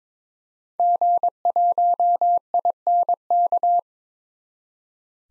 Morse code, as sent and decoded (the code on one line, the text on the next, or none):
--. .---- .. -. -.-
G1INK